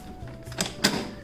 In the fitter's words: and it locks into place it's nice